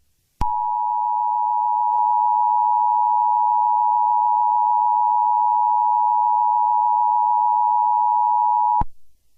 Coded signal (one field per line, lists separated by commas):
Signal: Emergency Alert System (SAME) tones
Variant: 853 and 960 Hz attention tone